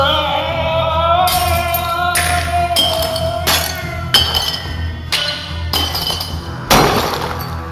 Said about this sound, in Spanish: Oyeron cómo se rompían los cristales al caer los cuadros del pasillo.